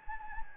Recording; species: mosquito wingbeat signal from an infrared sensor; Anopheles gambiae